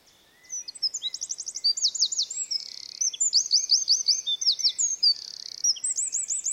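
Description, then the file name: Eurasian wren sings a rapid, high-pitched run of trills and buzzy rattles, notes repeated in quick series over several seconds, loud and unbroken. "Troglodytes troglodytes"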